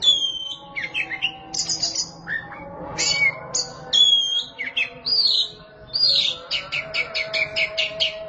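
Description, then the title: Oriental magpie-robin song, loud and varied: clear whistles, buzzy trills and slurred notes, closing with rapid repeated chips over a steady low humming background. Kacer song. "Suara Kicauan Burung Kacer"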